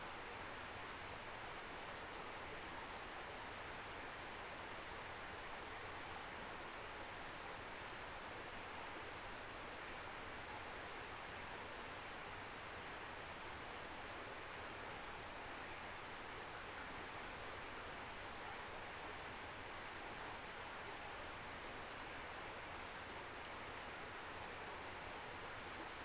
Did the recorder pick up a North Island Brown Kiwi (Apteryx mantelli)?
no